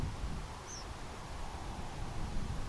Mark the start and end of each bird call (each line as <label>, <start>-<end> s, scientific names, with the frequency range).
Anthus trivialis (4.8-6.8 kHz), 0.66-0.85 s